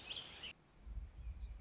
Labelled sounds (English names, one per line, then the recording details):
Warbling Vireo
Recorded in Sonoma County, California